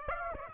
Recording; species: mosquito wingbeat signal from an infrared sensor; Aedes aegypti